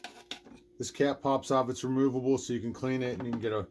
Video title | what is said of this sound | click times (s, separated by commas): Pure Enrichment MistAire Ultrasonic Cool Mist Humidifier, Still Going Strong After 6 years | This cap pops off. | 0.3 s